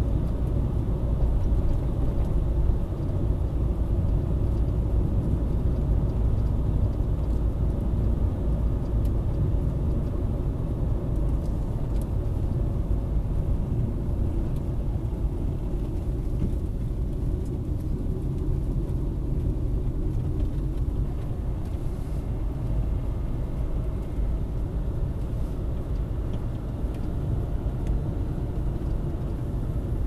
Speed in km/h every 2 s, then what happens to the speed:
60, 60, 60, 60, 59, 56, 50, 40, 35, 34, 37, 44, 47, 49, 49.
0-8 steady at about 60. 8-18 slows to 34. 18-23 speeds up to 47. 23-30 steady at about 49.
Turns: 11-20.